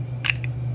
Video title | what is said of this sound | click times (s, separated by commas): Pull the Dot Confusions - Knife Sheath Explained | you get that little click going out | 0.3 s